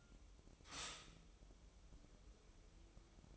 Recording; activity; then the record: daily activity, microphone in the room; stop toaster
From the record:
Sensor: 1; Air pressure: 988.6 hPa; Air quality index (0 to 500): 196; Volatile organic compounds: 936 ppm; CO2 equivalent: 5234 ppm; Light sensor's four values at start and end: 25/94/35/37 and 25/94/35/37